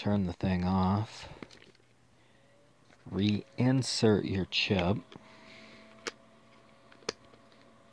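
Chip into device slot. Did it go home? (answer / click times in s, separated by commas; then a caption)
yes / 7.1 s. With the device switched off, a small chip is pushed into its slot while someone talks. The chip snaps into place with a sharp click at 7.1 s and is seated.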